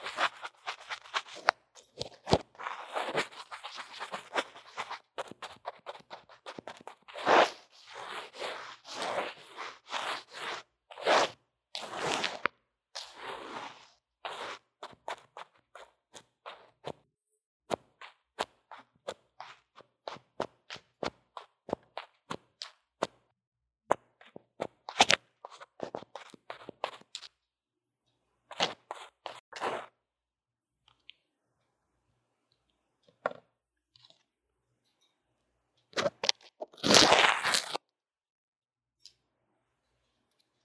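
Drawing and makeup sounds picked up on a lo-fi earphone mic: dense scratchy strokes and taps crowd the first half, then thin out into scattered clicks and brushes with silent gaps. A louder rustling burst comes around 37 seconds before it falls quiet.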